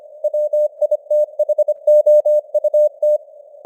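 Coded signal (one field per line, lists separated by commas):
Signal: Morse code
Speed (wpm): 25 wpm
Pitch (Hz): 600 Hz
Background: none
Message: WITHOUT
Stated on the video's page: Morse news headlines at 25 wpm with simulated radio noise and varying signal strength (QSB).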